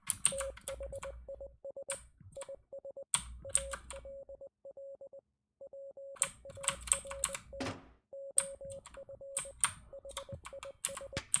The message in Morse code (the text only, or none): THIS IS ALL PART OF HIS